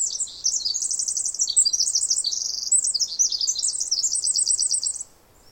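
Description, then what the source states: Pacific wren singing a rapid, high-pitched jumble of trills and warbles for nearly five seconds, loud and continuous before stopping abruptly. Wild bird singing in trees above the microphone, then flying down closer, very loud; Snider Jackson/Rugged Ridge trail, May 11-13, 2018, morning after dawn chorus; unmastered recording.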